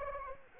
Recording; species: mosquito wingbeat signal from an infrared sensor; Anopheles arabiensis